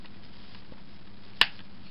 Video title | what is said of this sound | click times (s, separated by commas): LEGO Star Wars: General Grievous 2007 & 2010 Starfighter Review | like that. You can probably hear the click. | 1.4 s